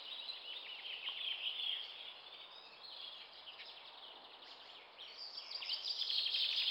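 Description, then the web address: Eurasian blackcap song, hurried chattering warble with quick repeated notes, quieter in the middle, then a louder burst of scratchy twittering at the end; steady background hiss. Finland, during spring migration; featured among warblers of deciduous woodland. "mustapaakerttu hannes tiira. muuttolintukalenteri lehtimetsien lurittelijat lehtokerttu ja mustapaakerttu"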